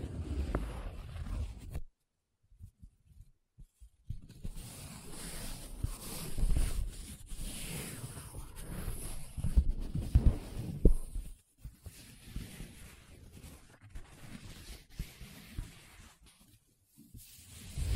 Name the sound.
Paper Sounds Tracing, Scratching, Rubbing